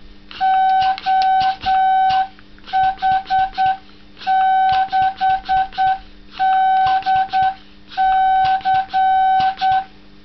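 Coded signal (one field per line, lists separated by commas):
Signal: Morse code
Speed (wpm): 9 wpm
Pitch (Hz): 760 Hz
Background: none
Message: OH6DC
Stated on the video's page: CW keyed with a key made from a bicycle pump.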